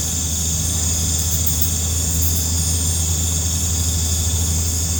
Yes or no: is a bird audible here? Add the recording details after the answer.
no. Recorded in pastures near Puerto Asís, Putumayo, Colombia, on 18 December 2024 at 19:30. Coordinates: 0.466, -76.322. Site G040